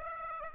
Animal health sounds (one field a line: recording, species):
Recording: mosquito wingbeat signal from an infrared sensor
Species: Aedes aegypti